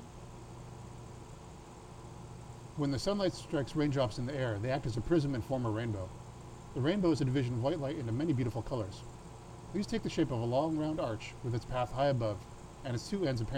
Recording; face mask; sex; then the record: reading aloud; surgical mask; male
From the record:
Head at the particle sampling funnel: tilted up or above it, chin in front of it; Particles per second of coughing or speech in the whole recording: 0.48